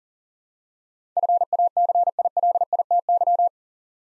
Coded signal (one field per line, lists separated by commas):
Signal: Morse code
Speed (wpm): 37 wpm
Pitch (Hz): 700 Hz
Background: none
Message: FACILITY